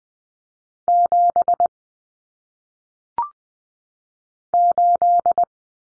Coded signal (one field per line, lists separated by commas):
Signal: Morse code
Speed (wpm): 20 wpm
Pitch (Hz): 700 Hz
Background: none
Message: 7 8